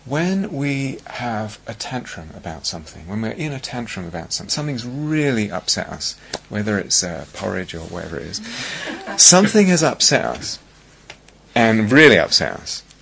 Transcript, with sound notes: When we have a tantrum about something, when we're in a tantrum about something, something's really upset us, whether it's porridge or whatever it is... [laughter] Something has upset us, and really upset us.